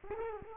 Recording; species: mosquito wingbeat signal from an infrared sensor; Culex quinquefasciatus